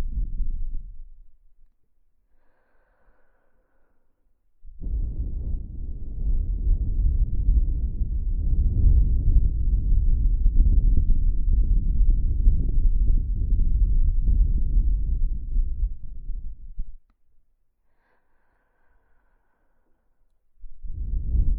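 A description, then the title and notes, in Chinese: Wind blows past the ear in low, rumbling gusts. One fades out in the first second or two, a long steady buffeting gust runs from about five to seventeen seconds, and another rises at the end. In the quiet gaps between them, faint thin tones hang softly. 有风吹过你的耳边。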